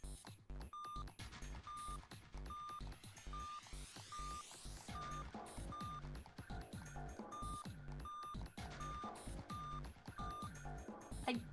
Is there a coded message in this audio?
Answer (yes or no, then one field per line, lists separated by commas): no